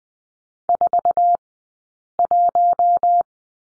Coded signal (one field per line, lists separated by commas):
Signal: Morse code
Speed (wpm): 20 wpm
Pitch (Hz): 700 Hz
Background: none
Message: 41